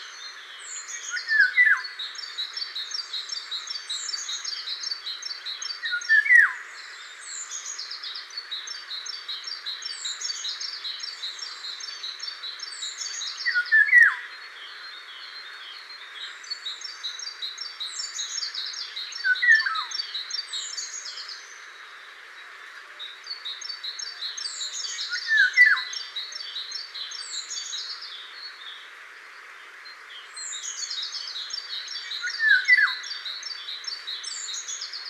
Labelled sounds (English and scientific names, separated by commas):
Eurasian Golden Oriole (Oriolus oriolus) song